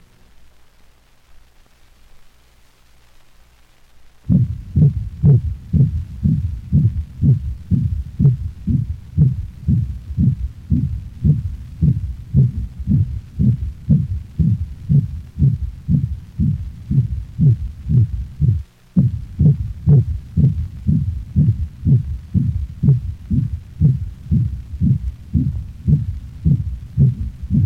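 After about five seconds of near silence, steady low thumping canine heartbeats run at roughly 120 beats a minute, evenly spaced, with one brief dropout. Any murmur is not clearly distinguishable.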